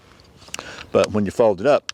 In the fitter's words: it snaps open into 180 degrees for straight sawing which is pretty cool